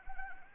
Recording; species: mosquito wingbeat signal from an infrared sensor; Anopheles arabiensis